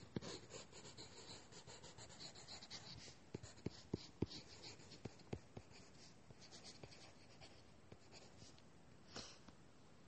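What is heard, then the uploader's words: Drawing and writing on paper: a steady, dense scratching and rubbing of a pen or pencil runs throughout. Sharp little taps punctuate it, clustered between about three and five and a half seconds, and a brief louder swipe comes near nine seconds. Doing homework drawing and writing sounds. Lots of writing sounds.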